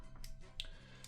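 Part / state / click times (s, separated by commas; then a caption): plastic tab on a transforming toy figure's waist, releasing from the chest / released / 0.6 s. A plastic tab on the waist of a transforming toy figure is pulled free of the chest while the waist is held, releasing with a sharp click at 0.6 s rather than snapping. Fainter ticks come around 0.2 s and 1.0 s, and the tab ends up released.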